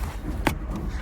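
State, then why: Seated. With the seat belt cleared from the latch, the rear seat backrest of a Volvo V50 is pushed home into its side latch. A single sharp click or thump sounds at 0.5 s over a steady background hiss. The backrest latch locks in place.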